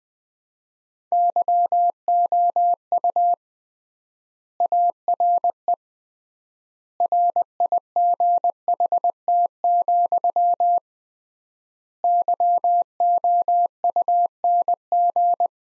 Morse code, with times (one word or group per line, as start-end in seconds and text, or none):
1.1-3.3 YOU
4.6-5.7 ARE
7.0-10.8 RIGHT,
12.0-15.5 YOUNG